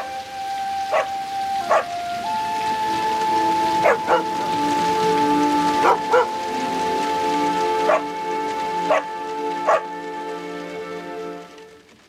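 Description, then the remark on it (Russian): In a yard, a black dog with a white chest snapping at the rain gives short, sharp barks spaced a second or two apart over a steady patter of rain, with soft sustained musical tones humming underneath. “Дождь ускользал, горун огорчался и лаял.”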